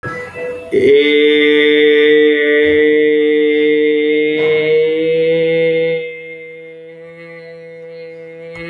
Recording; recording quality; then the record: sustained vowel as in made; excellent, no background noise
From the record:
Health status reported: exposed to COVID-19, no respiratory illness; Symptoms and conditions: loss of smell and taste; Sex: male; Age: 33 years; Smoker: not ticked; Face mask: not worn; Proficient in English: yes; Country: India